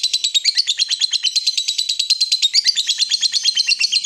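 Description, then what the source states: Yellow-vented bulbul chatter: quick, repeated high notes in a busy, bubbly run lasting about four seconds. Used as a bird lure (pikat).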